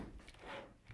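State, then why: Not seated. The plastic lid of a film developing tank is handled and pressed toward the tank after a sheet-film reel has been loaded into the developing canister, with soft rustling and brief handling knocks around 0.3 s and 0.9 s. Nothing has seated or clicked yet; the lid has not snapped into place by the end of the clip.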